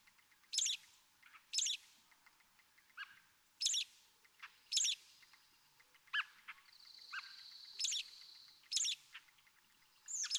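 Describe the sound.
American robin song: short bright caroling phrases in loose, irregular spacing, with a steady high whistle-like tone running briefly through the middle.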